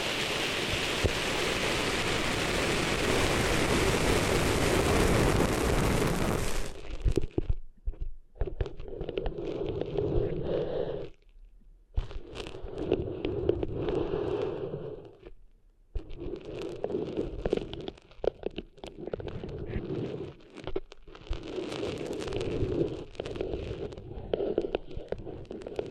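Cleaning sand out of an ear: a dense, steady rushing roar fills the first seven seconds, then gives way to muffled scraping and rubbing in irregular bursts. Short silences fall near 11 and 16 seconds, and the rough, low scratching continues in uneven pulses to the end.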